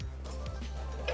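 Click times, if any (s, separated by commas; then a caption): none. An Earl's Plumbing quick-connect adapter fitting, with an AN fitting on one end, is handled at the factory hydraulic clutch feed line of a 392 Hemi-swapped C10. Music plays throughout with a few light ticks, and a brief sharper hit stands out at 1.1 s. Nothing has seated or clicked into place yet.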